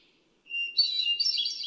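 Hermit thrush song with a steady pure note leading into a shimmering, echoing run of high whistled notes.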